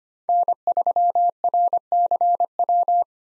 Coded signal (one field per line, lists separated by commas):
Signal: Morse code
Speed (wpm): 25 wpm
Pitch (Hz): 700 Hz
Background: none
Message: N3RCW